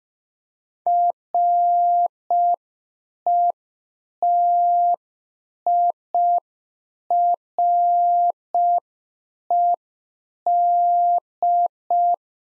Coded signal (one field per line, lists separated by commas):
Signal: Morse code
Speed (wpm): 5 wpm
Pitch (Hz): 700 Hz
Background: none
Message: RETIRED